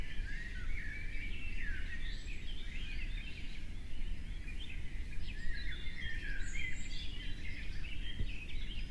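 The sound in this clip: Birds chirping and twittering in a mixed, overlapping chorus of short high notes over a steady low rumble of background noise.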